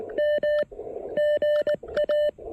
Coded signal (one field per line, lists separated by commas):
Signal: Morse code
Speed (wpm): 19 wpm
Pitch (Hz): 590 Hz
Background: none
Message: M GA